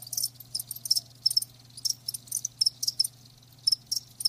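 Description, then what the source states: Crickets chirping in quick high-pitched pulsed bursts, with a faint low hum beneath. Live crickets chirping with a lulling song.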